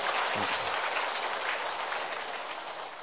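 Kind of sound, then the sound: crowd, audience applause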